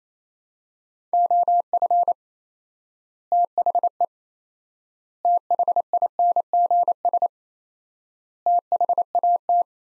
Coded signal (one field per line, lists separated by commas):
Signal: Morse code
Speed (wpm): 28 wpm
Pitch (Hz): 700 Hz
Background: none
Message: OF THE THINGS THAT